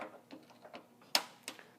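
A folded AMP Research BedXTender HD bed extender on a Toyota Tacoma is lowered onto the truck bed clip, with a few light ticks and taps as it is handled. A sharp, bright hit at 1.2 s marks it landing and seating on the clip, followed by a softer knock at about 1.5 s.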